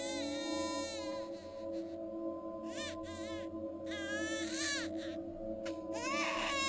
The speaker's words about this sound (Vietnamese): Càng đi về hướng cuối làng thì âm thanh ấy càng rõ, như thể là cách vài căn nhà lại có một đứa bé đang khóc vậy.